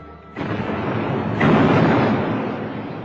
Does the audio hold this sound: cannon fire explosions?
yes